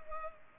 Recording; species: mosquito wingbeat signal from an infrared sensor; Culex pipiens